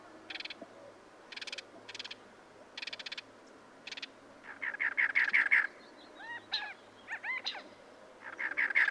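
Cactus wren giving scattered harsh, raspy notes that lead into fast chattering runs, with a few rising and falling slurred notes between them.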